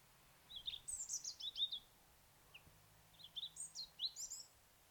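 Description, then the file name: European robin uttering two high, thin warbling phrases of tumbling sweet notes with a brief single note between, over a soft low background hum. "Erithacus rubecula"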